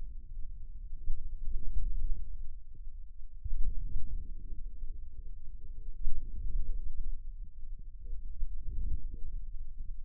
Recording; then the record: forearm muscle sounds (acoustic myography)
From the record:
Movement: inward rotation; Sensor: system 2, bracelet of six BSWA MPA416 microphones around the upper forearm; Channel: 1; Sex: male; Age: 22 years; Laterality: right